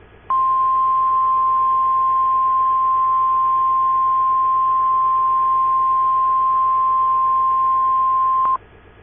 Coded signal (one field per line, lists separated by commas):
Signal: Emergency Alert System (SAME) tones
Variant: 1050 Hz attention tone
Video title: EAS Scenario - Political Riot (Michigan)